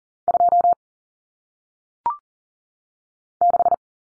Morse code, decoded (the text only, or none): 2 6